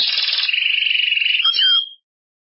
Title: Canario Belga